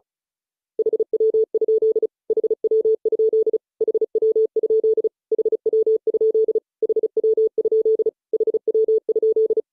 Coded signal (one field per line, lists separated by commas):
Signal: Morse code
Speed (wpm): 36 wpm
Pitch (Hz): 440 Hz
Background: none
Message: HW? HW? HW? HW? HW? HW?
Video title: 【シン・モールス講座】1-10 HW? (How?)